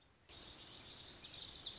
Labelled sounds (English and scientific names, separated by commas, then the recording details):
Lazuli Bunting (Passerina amoena)
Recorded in Sonoma County, California